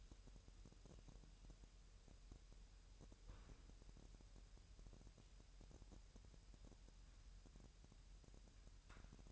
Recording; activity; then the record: daily activity, microphone in the room; wipe stove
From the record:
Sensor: 2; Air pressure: 1000.7 hPa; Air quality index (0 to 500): 249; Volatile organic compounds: 98 ppm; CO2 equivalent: 3744 ppm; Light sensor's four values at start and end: 9/22/9/9 and 9/22/9/9